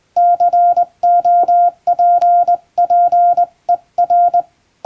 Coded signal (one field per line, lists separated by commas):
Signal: Morse code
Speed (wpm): 20 wpm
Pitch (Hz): 700 Hz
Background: none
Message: COPPER